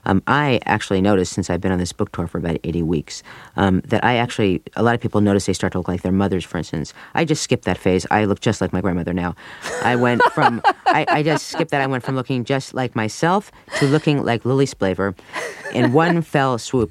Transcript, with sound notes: I actually noticed since I've been on this book tour for about 80 weeks that I actually -- a lot of people notice they start to look like their mothers, for instance. I just skipped that phase. I look just like my grandmother now. I went from...... (laughs) I just skipped that. I went from looking just like myself to looking like Lily Splaber in one fell swoop.